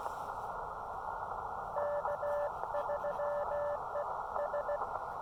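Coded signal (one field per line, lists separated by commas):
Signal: Morse code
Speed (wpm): 17 wpm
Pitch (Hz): 580 Hz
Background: none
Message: K3E S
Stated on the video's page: Morse code from a QRP summit activation using an Elecraft KX2 and Chameleon MPAS Lite antenna, during a solar flare.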